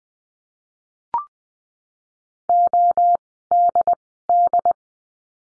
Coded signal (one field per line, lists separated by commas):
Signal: Morse code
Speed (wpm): 20 wpm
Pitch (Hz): 700 Hz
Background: none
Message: ODD